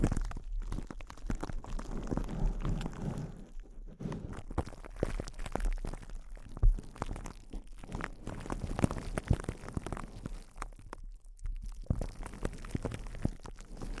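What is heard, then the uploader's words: Intense close-up crinkling runs nearly the whole time, a dense stream of sharp crackles and snaps over a steady low rumble. The activity stays busy with occasional louder pops, one standing out near seven seconds, and briefly thins out around eleven seconds. ASMR Intense Close-Up Crinkles (No Talking).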